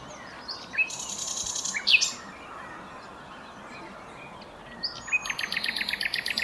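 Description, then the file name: Common nightingale song: a brief rattled burst and a few sharp notes, a pause, then a fast repeated trill, over constant low background noise. "Luscinia megarhynchos"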